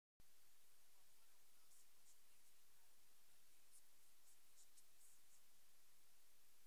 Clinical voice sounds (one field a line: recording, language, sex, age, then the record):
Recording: spoken sentence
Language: Brazilian Portuguese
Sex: female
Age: 40 to 49 years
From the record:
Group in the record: control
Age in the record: 40 years